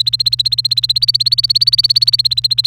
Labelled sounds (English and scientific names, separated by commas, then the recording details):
Domestic Canary (Serinus canaria) song
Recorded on 29 April 2018 at 06:07
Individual llb3